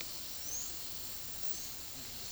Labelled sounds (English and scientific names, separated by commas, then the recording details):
Palm Tanager (Thraupis palmarum)
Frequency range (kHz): Palm Tanager (Thraupis palmarum) 5.4-8.0 kHz
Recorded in secondary vegetation near Puerto Asís, Putumayo, Colombia, on 19 February 2024 at 15:30
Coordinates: 0.500, -76.326
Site G6428